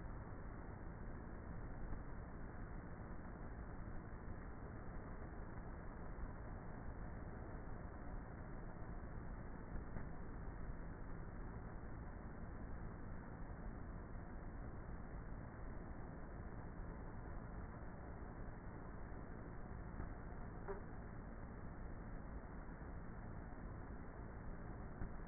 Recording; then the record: honeybee colony, microphone inside the hive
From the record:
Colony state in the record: queenless with a low population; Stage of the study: before two queens were removed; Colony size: about 30,000 bees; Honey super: no